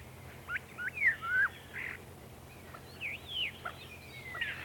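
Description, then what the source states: Common starling song: a varied string of slurred whistles swooping up and down, mixed with short harsh rasping bursts, over a steady low background hum. Birdsong.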